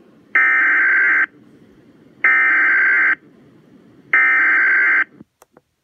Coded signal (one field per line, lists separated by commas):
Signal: Emergency Alert System (SAME) tones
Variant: header bursts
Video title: (EAS #25) Flash Freeze Warning 1-20-19